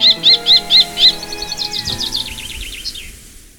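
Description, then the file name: Common kestrel calling a rapid series of five sharp, arched, high notes, about four per second, followed by a fainter run of similar notes that fades away. "faucon crecerelle"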